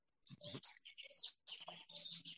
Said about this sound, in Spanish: Hemos iniciado esta entrevista y comenzaba a llover, ahora ha dejado de llover y no sé si se escuchan pajaritos que están ahora contentos. Escuchan, sí.